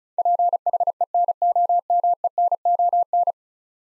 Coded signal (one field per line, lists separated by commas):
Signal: Morse code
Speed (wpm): 36 wpm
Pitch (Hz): 700 Hz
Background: none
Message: PHENOMENON